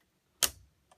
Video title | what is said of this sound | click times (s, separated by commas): OWC SSD iMac Upgrade - Part 1 | you will hear them click | 0.4 s